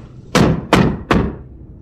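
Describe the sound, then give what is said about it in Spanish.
Three evenly spaced, hollow knocks on wooden floorboards, each a loud thunk that quickly dies away, with no voices. “Suenan a hueco. ¿Por qué no las levantan?”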